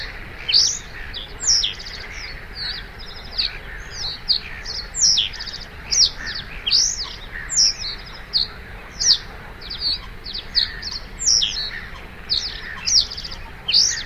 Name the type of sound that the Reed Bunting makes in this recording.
song